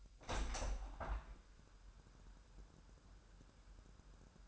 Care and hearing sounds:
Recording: daily activity, microphone in the room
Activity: open window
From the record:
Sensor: 2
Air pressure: 1000.2 hPa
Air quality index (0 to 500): 246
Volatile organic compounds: 90 ppm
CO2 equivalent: 3681 ppm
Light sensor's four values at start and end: 8/20/8/8 and 9/21/8/8

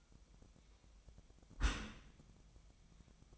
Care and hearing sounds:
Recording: daily activity, microphone in the room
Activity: close dishwasher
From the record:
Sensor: 1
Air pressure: 1004.7 hPa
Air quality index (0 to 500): 119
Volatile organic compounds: 4 ppm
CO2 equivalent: 1654 ppm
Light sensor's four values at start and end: 9/21/8/9 and 9/21/8/9

